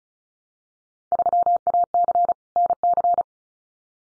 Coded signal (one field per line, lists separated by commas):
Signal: Morse code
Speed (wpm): 34 wpm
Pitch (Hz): 700 Hz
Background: none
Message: 3AC NC